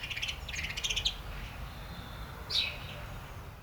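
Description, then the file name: House sparrow chirps, a quick series of bright chirps in the first second, then one louder chirp after a pause, over low rumbling background noise. "Passer domesticus"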